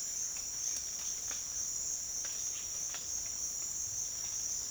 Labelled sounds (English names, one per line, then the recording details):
none
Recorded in secondary vegetation near Puerto Asís, Putumayo, Colombia, on 25 June 2025 at 07:30
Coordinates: 0.485, -76.322
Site GP06